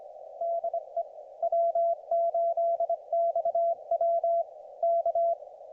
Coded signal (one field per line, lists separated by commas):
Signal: Morse code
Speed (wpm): 24 wpm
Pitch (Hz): 690 Hz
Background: none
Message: DE W8XW K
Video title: MORSE CODE PRACTICE - RAGCHEWING WITH ART